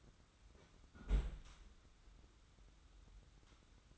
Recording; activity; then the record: daily activity, microphone in the room; close fridge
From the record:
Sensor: 3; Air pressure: 994.4 hPa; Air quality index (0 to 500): 208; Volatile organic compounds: 1000 ppm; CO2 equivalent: 6968 ppm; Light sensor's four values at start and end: 135/321/133/127 and 152/361/151/147